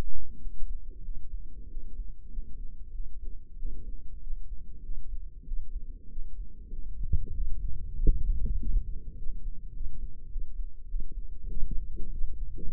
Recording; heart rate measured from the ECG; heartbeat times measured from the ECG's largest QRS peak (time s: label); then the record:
heart sounds by microphone in the left ear; 97 bpm
0.38 s: heartbeat
1.02 s: heartbeat
1.68 s: heartbeat
2.29 s: heartbeat
2.92 s: heartbeat
3.57 s: heartbeat
4.21 s: heartbeat
4.82 s: heartbeat
5.45 s: heartbeat
6.09 s: heartbeat
6.70 s: heartbeat
7.33 s: heartbeat
7.97 s: heartbeat
8.58 s: heartbeat
9.17 s: heartbeat
9.73 s: heartbeat
10.29 s: heartbeat
10.87 s: heartbeat
11.48 s: heartbeat
12.12 s: heartbeat
12.71 s: heartbeat
From the record:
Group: healthy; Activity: rest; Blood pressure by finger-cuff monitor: 100/63 mmHg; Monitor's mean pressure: 72 mmHg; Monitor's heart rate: 97 bpm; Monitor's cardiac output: 6.2 L/min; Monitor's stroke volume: 64 mL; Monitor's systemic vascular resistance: 850 dyn s/cm5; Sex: male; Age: 22 years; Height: 181 cm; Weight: 60 kg